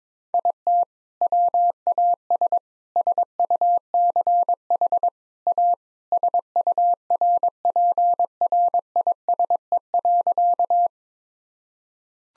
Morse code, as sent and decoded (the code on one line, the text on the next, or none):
.. - / .-- .- ... / ... ..- -.-. .... / .- / ... ..- .-. .--. .-. .. ... . .-.-.-
IT WAS SUCH A SURPRISE.